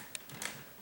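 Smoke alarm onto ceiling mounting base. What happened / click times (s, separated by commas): The plastic unit clicked home on its twist-lock base / 0.1 s, 0.3 s, 0.5 s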